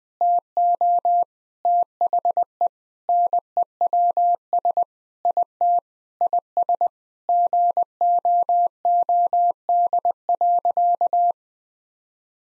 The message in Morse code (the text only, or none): TO THE NEWS IT IS GOOD.